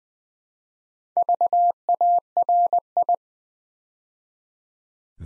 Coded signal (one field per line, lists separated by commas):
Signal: Morse code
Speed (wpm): 20 wpm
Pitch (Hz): 700 Hz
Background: none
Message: VARI